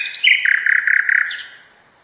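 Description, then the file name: Common nightingale song: a brief high whistle, then a fast rattling series of pulsed notes near the middle, ending with a sharp high flourish. Song variation. "kicauan-nightingale-a-variasi 5-omkicau"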